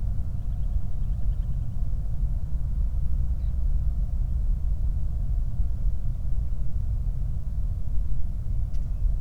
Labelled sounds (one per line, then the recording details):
bird
flare stack
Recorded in the Prudhoe Bay oil fields, Alaska, on 8 July 2019 at 00:02
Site 25